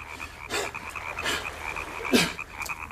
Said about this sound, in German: Ich hatte schon einmal ein solches Husten gehört. Von einem Mann, der bei Verdun Gas abgekriegt hatte.